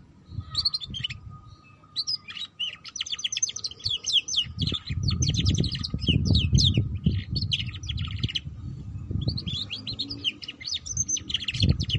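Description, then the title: Canary song in long, rapid rolling trills of high, buzzy notes with brief breaks, over low rumbling noise and a steady faint hum. Belgian canary breed; recording used to warm up canaries and stimulate their singing, and as a lure for canaries learning the ngeriwik song style. "Canto Para Esquentar Canário Belga. Suara Kenari Belajar Bunyi Ngeriwik || Cocok Untuk Pancingan Kenari Ngeriwik"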